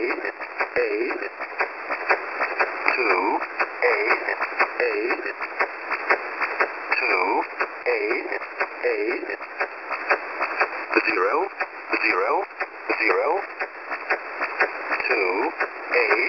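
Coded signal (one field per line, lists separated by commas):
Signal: numbers station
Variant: E07 English Man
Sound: synthetic male voice reading short, evenly spaced English words through noisy shortwave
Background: radio static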